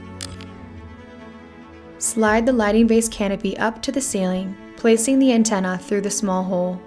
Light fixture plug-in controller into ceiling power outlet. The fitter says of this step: let go of the push button and push up on the controller to lock it in you should hear a clicking sound